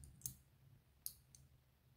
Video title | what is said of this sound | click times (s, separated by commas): (152) BKS KURZZYLINDER _ PICKED AND GUTTED | половинка открылась при обратной сборки до щелчка | 1.1 s